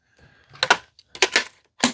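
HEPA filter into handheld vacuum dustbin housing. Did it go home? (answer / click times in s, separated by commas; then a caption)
yes / 0.6 s, 1.2 s. A washable HEPA filter assembly is put back into the dustbin housing of a Kenmore handheld cordless vacuum and turned until it locks. Sharp plastic clicks and rattles come in bursts, with the locking clicks at 0.6 s and 1.2 s and a final clack at 1.8 s. The filter is seated and locked in place.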